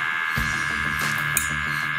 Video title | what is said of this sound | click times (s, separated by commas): RKI Eagle II PID Calibration Check Video | can you hear that cool click there I as I was reading this in the valve | 1.4 s